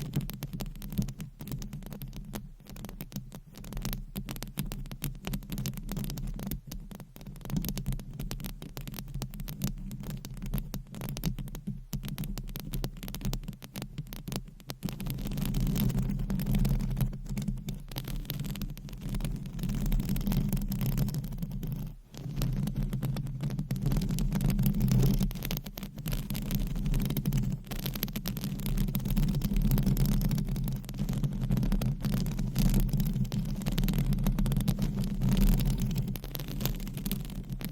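Nails scratch across microphone covers in a dense, continuous rasping that never pauses. The sound sits mostly low and rumbling, with a steady hum underneath, and grows fuller and louder after about fifteen seconds, with brief dips near seven, twelve and twenty-two seconds.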